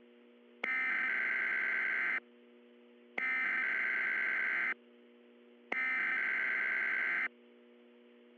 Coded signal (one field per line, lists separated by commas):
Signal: Emergency Alert System (SAME) tones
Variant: header bursts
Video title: The Dark Storm (EAS Scenario)